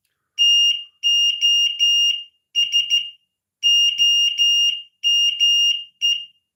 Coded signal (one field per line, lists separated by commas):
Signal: Morse code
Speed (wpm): 13 wpm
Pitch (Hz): 2850 Hz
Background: none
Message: TO SOME